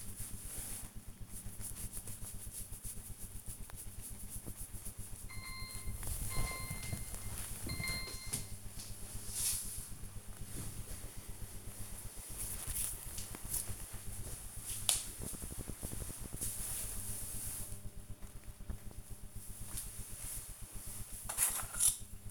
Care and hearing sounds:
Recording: household activities, microphone on the right wrist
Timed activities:
0.00-13.40 s: pet the dog

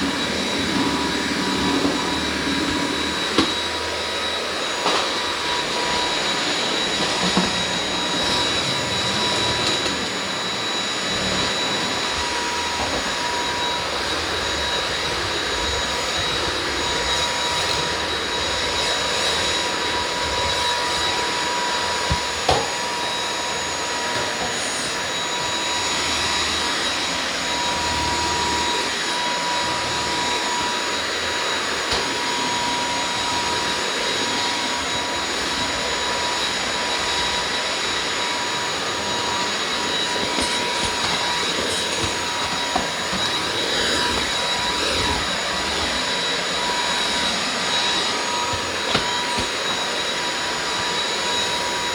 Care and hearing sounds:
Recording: household activities, microphone on the right wrist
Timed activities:
0.00-51.95 s: vacuum cleaning

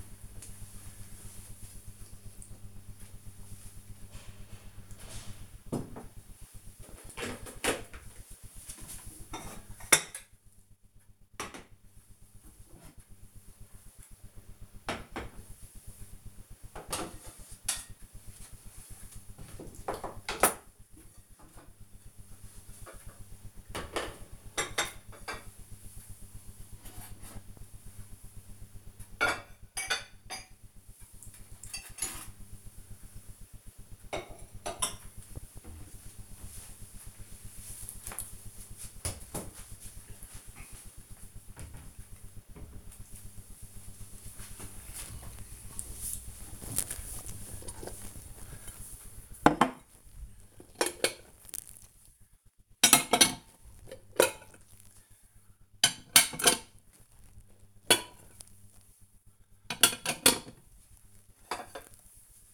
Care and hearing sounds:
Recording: household activities, microphone on the right wrist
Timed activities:
44.03-62.54 s: putting away the dishes

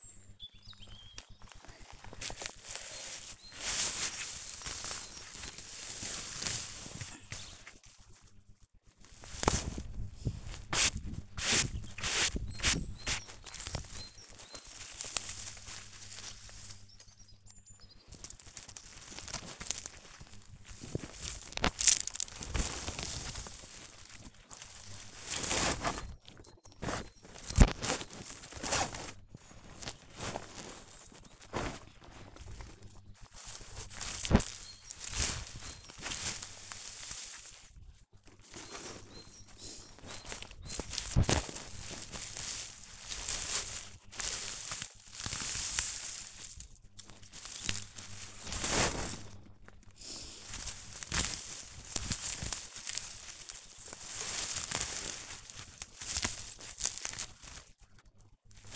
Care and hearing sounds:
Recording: household activities, microphone on the right wrist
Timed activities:
0.00-58.76 s: cutting plants (near water)

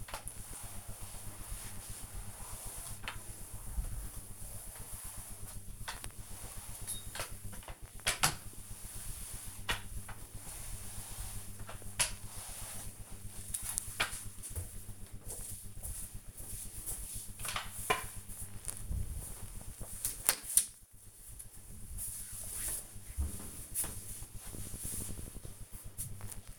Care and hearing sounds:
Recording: household activities, microphone on the right wrist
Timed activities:
0.00-14.48 s: floor cleaning

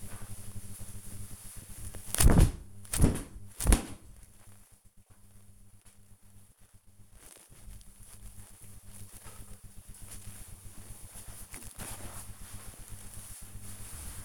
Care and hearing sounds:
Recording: household activities, microphone on the right wrist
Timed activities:
0.00-14.25 s: hanging up laundry

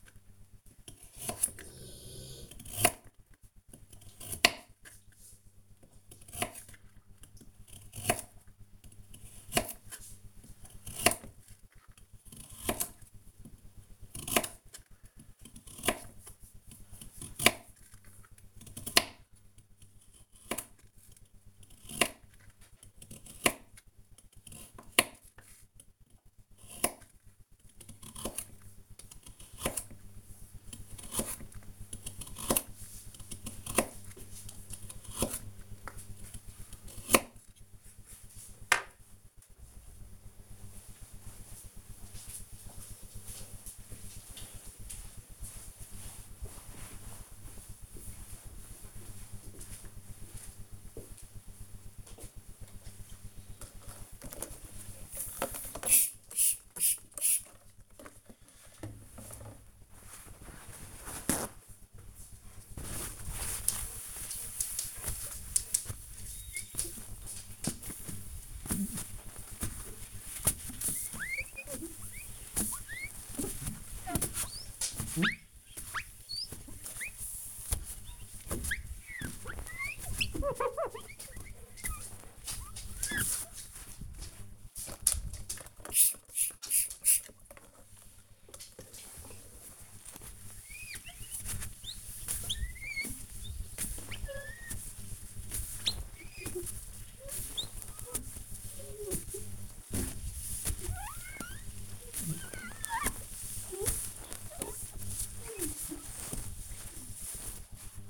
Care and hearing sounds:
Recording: household activities, microphone on the right wrist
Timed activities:
0.00-38.22 s: cutting vegetables
52.29-108.10 s: window cleaning

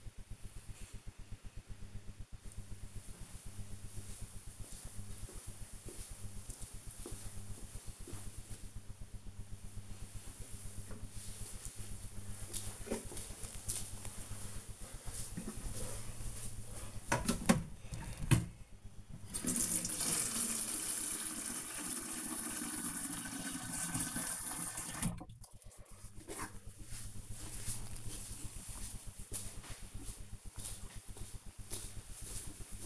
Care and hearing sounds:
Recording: household activities, microphone on the right wrist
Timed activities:
10.13-32.85 s: watering plant

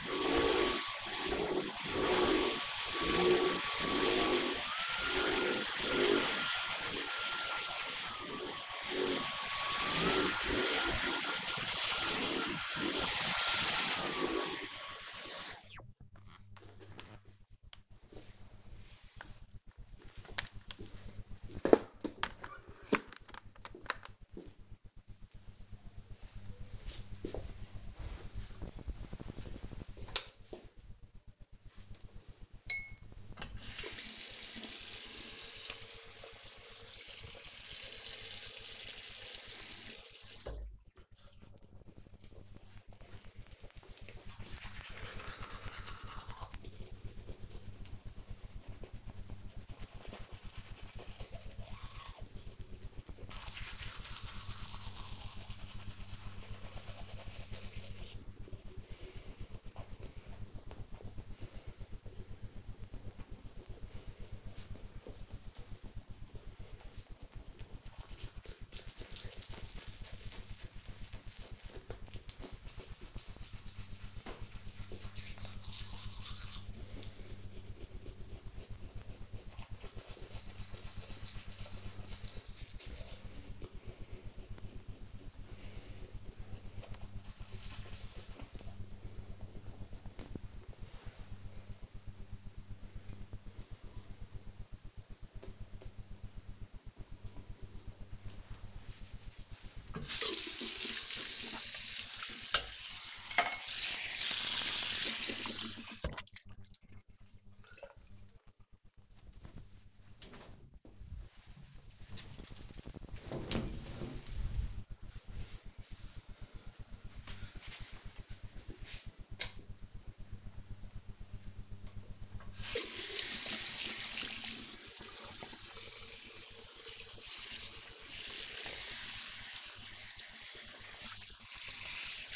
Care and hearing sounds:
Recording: household activities, microphone on the right wrist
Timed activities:
0.00-14.59 s: vacuum cleaning
31.69-107.22 s: brushing teeth
121.29-132.36 s: washing hands

